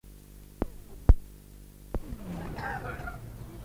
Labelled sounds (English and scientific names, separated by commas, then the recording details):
Clouded Leopard (Neofelis nebulosa)
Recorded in captivity
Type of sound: meow
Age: adult
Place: Tierpark Berlin, Berlin, DE
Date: 1959-08-05 18:50
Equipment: Reporter
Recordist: Tembrock, Günter
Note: S 284 a; Maunzen beim Umherlaufen (teilweise nach Ansprechen)